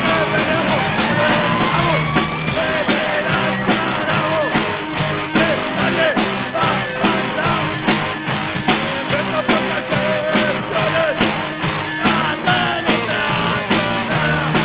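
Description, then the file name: Pigs squealing and grunting in a dense, continuous chorus of harsh overlapping cries with no pauses. "cerdos"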